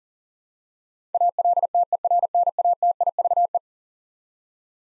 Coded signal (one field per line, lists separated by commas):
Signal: Morse code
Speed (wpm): 40 wpm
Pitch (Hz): 700 Hz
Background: none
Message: ALTERNATIVE